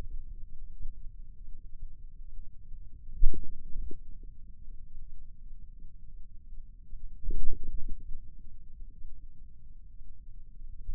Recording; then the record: forearm muscle sounds (acoustic myography)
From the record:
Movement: ulnar deviation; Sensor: system 2, bracelet of six BSWA MPA416 microphones around the upper forearm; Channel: 2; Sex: male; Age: 22 years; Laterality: right